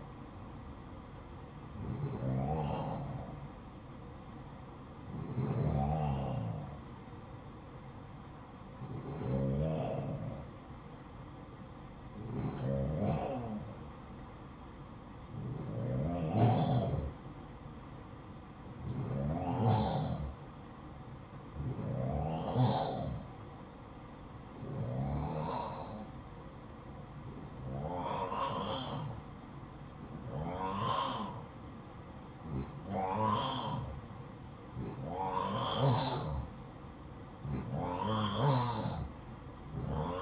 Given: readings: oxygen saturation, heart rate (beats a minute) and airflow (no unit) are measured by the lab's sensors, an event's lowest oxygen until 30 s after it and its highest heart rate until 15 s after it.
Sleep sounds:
breathing in sleep by a smartphone at the bedside; 1
4.00-35.60 s: hypopnea (N2, oxygen 95% highest, then 90% lowest, heart rate 62 at the start, 66 highest)
From the record:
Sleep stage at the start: N2 (light sleep); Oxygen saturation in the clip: 91 to 95%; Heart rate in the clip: 58 to 64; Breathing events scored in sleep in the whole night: 573 in 9.8 hours asleep

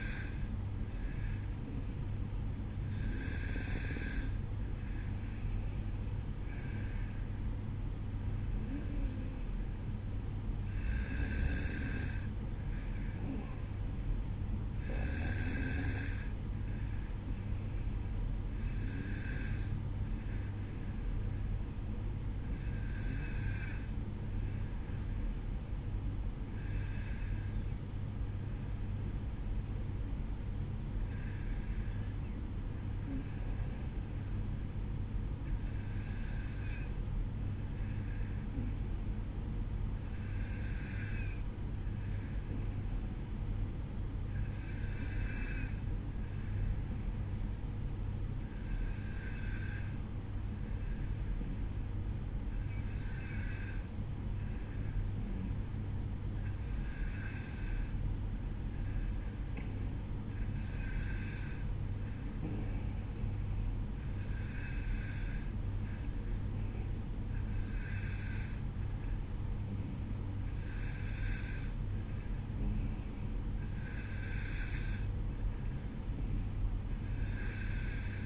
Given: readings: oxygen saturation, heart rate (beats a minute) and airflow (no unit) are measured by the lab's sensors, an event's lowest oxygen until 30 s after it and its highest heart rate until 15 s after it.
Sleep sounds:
breathing in sleep by a smartphone at the bedside; 1
29.00-68.40 s: hypopnea (N2, oxygen 94% highest, then 92% lowest, heart rate 56 at the start, 56 highest)
From the record:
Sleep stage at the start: N2 (light sleep); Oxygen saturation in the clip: 93 to 94%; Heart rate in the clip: 52 to 56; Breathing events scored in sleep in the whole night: 305 in 9.6 hours asleep

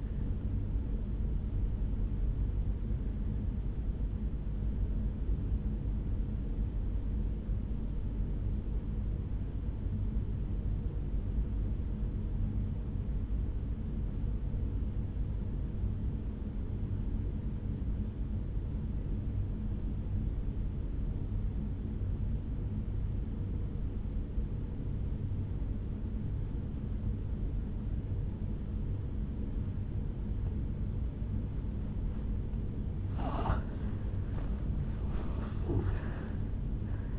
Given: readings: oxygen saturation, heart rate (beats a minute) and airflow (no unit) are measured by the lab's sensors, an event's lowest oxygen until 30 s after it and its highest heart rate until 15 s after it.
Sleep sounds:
breathing in sleep by a smartphone at the bedside; 1
3.00-33.10 s: obstructive apnea (N2, oxygen 97% highest, then 85% lowest, heart rate 59 at the start, 76 highest)
32.00-37.19 s: new sleep stage, N1 (lightest sleep)
From the record:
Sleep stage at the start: N2 (light sleep); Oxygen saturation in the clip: 82 to 97%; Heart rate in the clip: 55 to 74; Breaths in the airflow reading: 1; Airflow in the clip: -9.1 to 10.0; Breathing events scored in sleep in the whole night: 449 in 7.0 hours asleep

